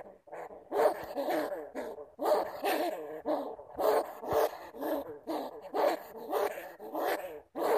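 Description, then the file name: Bamboo rat calling with throaty bursts in a near-continuous series, with few breaks. "Tieng dui keu"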